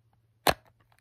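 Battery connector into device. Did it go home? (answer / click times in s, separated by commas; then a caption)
no / none. A replacement battery's connector is pushed toward its socket in a device, with a sharp, broadband snap-like burst at about 0.5 s that decays quickly, followed by a few faint small ticks and a low steady hum underneath. The connector has not clicked in or seated yet.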